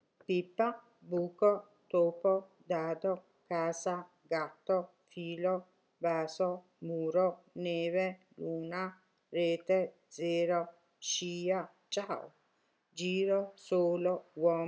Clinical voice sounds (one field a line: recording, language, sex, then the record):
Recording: read list of words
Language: Italian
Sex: female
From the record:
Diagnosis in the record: healthy control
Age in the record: 63 years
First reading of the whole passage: 70 s, 6.7 characters per second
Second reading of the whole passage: 71 s, 6.6 characters per second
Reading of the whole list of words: 45 s, 6.3 characters per second